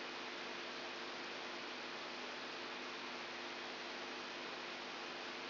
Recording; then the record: brain microelectrode recording played as sound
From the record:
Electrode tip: outside the subthalamic nucleus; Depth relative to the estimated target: -2 mm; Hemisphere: right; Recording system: AlphaMap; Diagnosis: Parkinson's disease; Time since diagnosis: 14 years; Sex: female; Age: 63 years